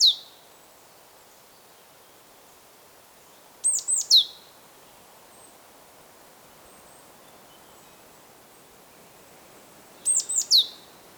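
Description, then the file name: Great tit calling: a clipped note at the start, then a brief three-note phrase of high, descending whistles, repeated after a long quiet gap. "Parus major"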